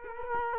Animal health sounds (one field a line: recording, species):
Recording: mosquito wingbeat signal from an infrared sensor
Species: Culex quinquefasciatus